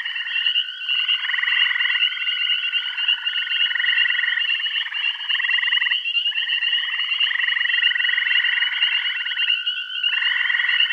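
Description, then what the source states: Frogs giving long rattling trills that run into one another with few pauses, plus a steady shrill tone throughout. Bath County.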